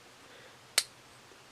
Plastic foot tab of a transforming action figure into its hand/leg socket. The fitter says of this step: You just gotta use lots of force until you hear a little snap.